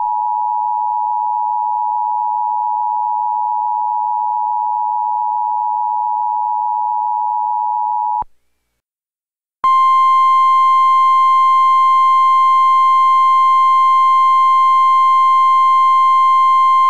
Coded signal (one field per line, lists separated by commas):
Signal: Emergency Alert System (SAME) tones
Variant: 853 and 960 Hz attention tone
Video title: EAS Re-creation | Severe Thunderstorm Warning™ (7/6/2021)